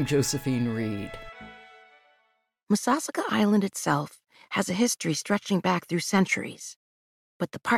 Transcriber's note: audio book excerpt